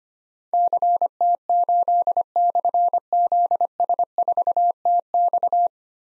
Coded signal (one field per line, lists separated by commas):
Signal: Morse code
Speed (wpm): 25 wpm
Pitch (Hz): 700 Hz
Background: none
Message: CT8/ZS4TX